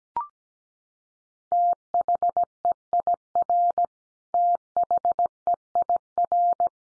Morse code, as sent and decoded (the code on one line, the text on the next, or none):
- .... . .. .-. / - .... . .. .-.
THEIR THEIR